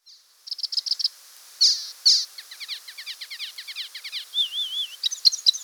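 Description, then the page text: Icterine warbler song with high stuttering notes, two loud harsh calls, a run of dry rattling notes, then a wavering whistle and sharp chirps. "Icterine Warbler Song. Quick Sounds"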